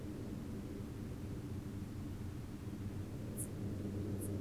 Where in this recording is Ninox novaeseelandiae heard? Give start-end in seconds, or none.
none